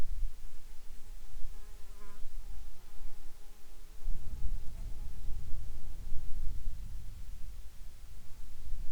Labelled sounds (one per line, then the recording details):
wind
insects
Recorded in the Arctic National Wildlife Refuge, Alaska, on 10 July 2019 at 18:52
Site 44